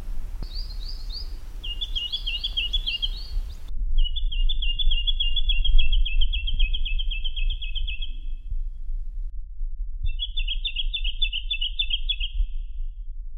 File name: suara jacky winter